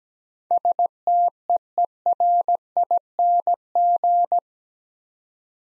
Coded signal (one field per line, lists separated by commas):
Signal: Morse code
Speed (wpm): 17 wpm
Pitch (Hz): 700 Hz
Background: none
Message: STEERING